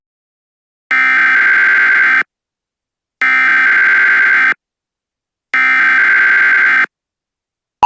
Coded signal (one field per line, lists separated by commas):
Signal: Emergency Alert System (SAME) tones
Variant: header bursts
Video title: EAs Scenario 1: Red Hulk Attack